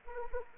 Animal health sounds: mosquito wingbeat signal from an infrared sensor; Anopheles arabiensis

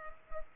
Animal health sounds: mosquito wingbeat signal from an infrared sensor; Culex pipiens

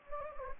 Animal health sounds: mosquito wingbeat signal from an infrared sensor; Anopheles gambiae

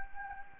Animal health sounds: mosquito wingbeat signal from an infrared sensor; Anopheles gambiae

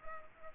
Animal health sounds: mosquito wingbeat signal from an infrared sensor; Culex pipiens

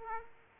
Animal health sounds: mosquito wingbeat signal from an infrared sensor; Aedes aegypti

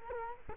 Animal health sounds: mosquito wingbeat signal from an infrared sensor; Culex quinquefasciatus

